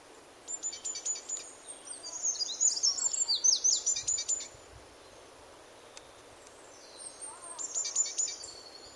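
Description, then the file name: Great tit giving very high, thin, rapid call notes in quick bursts, a fast chattering run in the middle and a shorter burst near the end, over steady background hiss. "Parus major"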